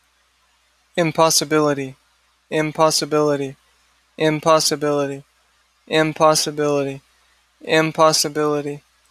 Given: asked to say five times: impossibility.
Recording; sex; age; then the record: repeated word; male; 30 to 39 years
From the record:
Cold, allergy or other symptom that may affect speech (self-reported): no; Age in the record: 33 years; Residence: Florida, United States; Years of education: 14